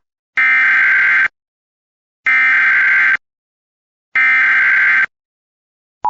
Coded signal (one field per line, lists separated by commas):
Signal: Emergency Alert System (SAME) tones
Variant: header bursts